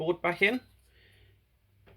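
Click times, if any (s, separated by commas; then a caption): none. After its liquid metal has been cleaned, an overheating PS5's motherboard is handled as it is set back into the console chassis. Someone talks briefly at the start, followed by faint, quiet handling noise and a soft touch near 1.9 seconds. Nothing has seated or clicked yet.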